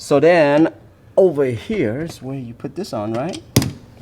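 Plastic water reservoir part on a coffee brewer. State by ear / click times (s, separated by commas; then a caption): seated / 3.6 s. Someone talks while fitting a clear plastic water reservoir part onto a coffee brewer. A sharp snap at 3.6 seconds marks the part seating in place.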